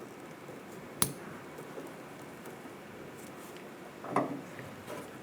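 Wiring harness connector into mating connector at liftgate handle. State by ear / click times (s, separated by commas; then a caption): seated / 1.0 s. A white plastic wiring harness connector at the liftgate handle of a 2004-2005 Scion xB is lined up by its locking tab and pushed into its mating connector. It clicks in sharply at 1.0 s, and is seated. Softer handling rustles and a duller knock near 4.2 s follow against a low background hiss.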